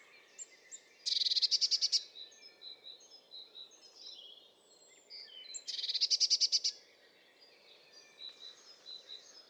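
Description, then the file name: Eurasian blue tit song: a high, fast, even trill lasting about a second, given twice, with other small birds twittering throughout over a steady background hiss. "Cyanistes caeruleus"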